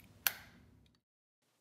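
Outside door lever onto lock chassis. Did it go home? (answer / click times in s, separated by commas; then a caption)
yes / 0.3 s. The outside lever of a Schlage CS210 interconnected door lock is pressed gently onto the lock chassis. A single sharp click at 0.3 s shows it seating into place, and its ring fades out by about 1.0 s, followed by near silence.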